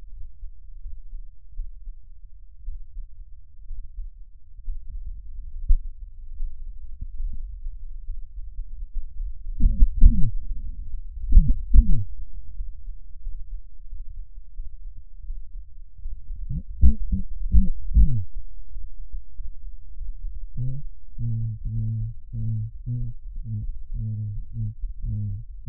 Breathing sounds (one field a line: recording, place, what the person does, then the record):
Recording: lung sounds by stethoscope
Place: right anterior apical chest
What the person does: quiet breathing, then cough and speech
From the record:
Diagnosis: none (healthy)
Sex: male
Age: 30 years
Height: 190 cm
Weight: 88 kg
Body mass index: 24.4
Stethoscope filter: bell mode